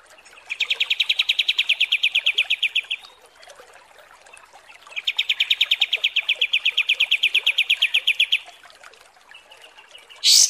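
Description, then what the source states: Kapas tembak song: two long trills of quick, bright repeated notes separated by a pause, with a brief, higher burst at the end. Masteran training recording.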